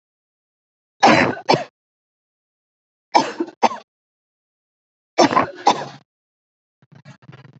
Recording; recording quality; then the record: heavy voluntary cough; excellent, no background noise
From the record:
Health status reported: healthy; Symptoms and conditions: none ticked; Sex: female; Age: 23 years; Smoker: not ticked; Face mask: not worn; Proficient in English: yes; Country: India